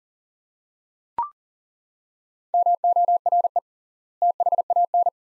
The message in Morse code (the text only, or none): MORE THAN